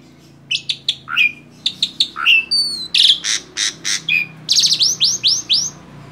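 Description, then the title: Asian pied starling song: rapid repeated clicking notes and slurred falling whistles, building into a quick series of rising chirps at the end. Masteran training recording made to teach song to caged birds. "Masteran Jalak Suren"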